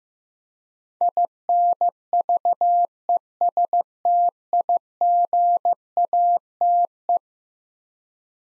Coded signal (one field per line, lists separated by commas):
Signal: Morse code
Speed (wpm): 15 wpm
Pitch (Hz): 700 Hz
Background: none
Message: INVESTIGATE